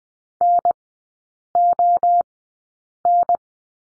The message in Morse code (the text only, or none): NON